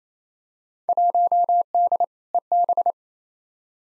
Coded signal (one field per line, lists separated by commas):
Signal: Morse code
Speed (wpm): 28 wpm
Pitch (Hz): 700 Hz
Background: none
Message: 1D EB